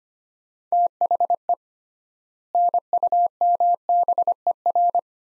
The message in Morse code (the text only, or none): THE NUMBER